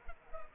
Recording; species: mosquito wingbeat signal from an infrared sensor; Culex pipiens